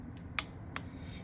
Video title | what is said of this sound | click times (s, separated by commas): 2016 zero sr belt tension = carbon drive app = 52-72 megahertz or krikit reads 90 pounds of tension | okay it clicked right there | 0.4 s